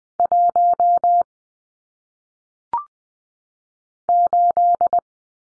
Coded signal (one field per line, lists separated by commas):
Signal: Morse code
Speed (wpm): 20 wpm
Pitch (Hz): 700 Hz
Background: none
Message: 1 8